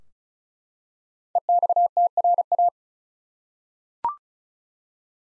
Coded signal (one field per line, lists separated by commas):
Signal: Morse code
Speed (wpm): 34 wpm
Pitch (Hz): 700 Hz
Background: none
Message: EXTRA